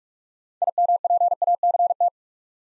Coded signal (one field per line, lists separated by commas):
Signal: Morse code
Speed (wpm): 46 wpm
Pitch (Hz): 700 Hz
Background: none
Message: IMPACT